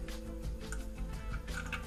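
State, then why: Not seated. A magnetised plastic driver figure is handled near the hatch of a 1/35 Bandai UC Hardgraph EFGF M61A5 main battle tank model, with music playing throughout. Faint ticks and brief handling noises come at about 0.1, 0.7 and 1.5 seconds. Nothing has seated or clicked yet.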